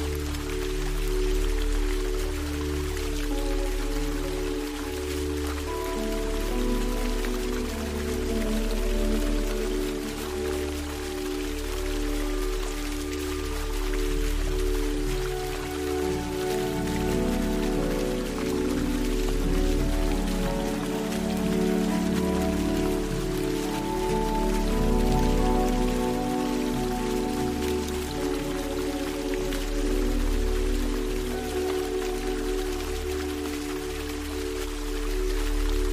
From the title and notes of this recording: The Calming Onsen: Water Sounds with Japanese Music.